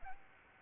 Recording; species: mosquito wingbeat signal from an infrared sensor; Aedes albopictus